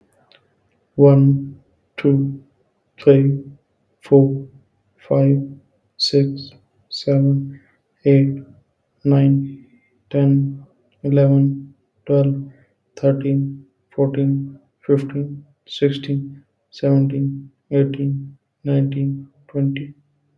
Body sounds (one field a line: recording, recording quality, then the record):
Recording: counting at a normal pace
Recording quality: excellent, no background noise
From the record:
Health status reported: COVID-19 positive, mild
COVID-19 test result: positive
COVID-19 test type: RT-PCR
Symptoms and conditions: cough, sore throat, loss of smell and taste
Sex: male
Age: 24 years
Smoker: yes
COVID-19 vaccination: both doses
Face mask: not worn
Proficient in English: yes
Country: India